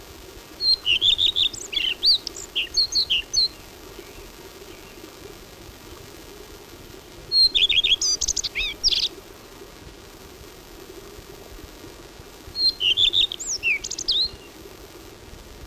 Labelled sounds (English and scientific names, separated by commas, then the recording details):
Common Redstart (Phoenicurus phoenicurus) song
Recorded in the wild
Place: Bucheben, AT
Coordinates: 47.1611, 12.97
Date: 1964-05-22
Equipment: Uher Report 4000, AKG D190
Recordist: Krey, Winfried
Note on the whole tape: Gesang